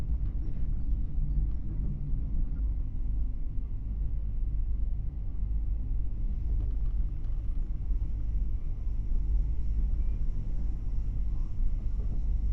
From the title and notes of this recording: Night train sleeper. As the train pulls out of Penzance station, you begin to hear the rumble. A sturdy, rounded edges sort of rumble, a cacophony, of gently juddering low frequency vibrations. The sound is, dark, and velvety. This spatial sound photograph, an unbroken sixty minute segment of the journey from Penzance to London Paddington, was taken from within the cabin beside the bunk.